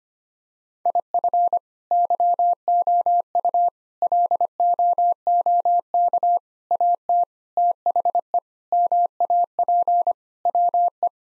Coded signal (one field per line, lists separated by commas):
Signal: Morse code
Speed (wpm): 25 wpm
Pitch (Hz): 700 Hz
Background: none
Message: IF YOU LOOK AT THE MAP WE